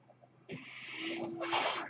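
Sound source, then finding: Home mechanical ventilator. Mechanical ventilator breath.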